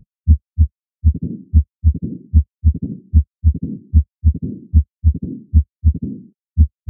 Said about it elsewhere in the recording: Mitral stenosis is a diastolic murmur. at the beginning part of diastole, you see this opening snap in this region. And the gap between S2 and that opening snap is pretty important. This is where the left atrium is trying to press against the stenotic valve. And then finally, when there's enough pressure in the left atrium, it can snap open.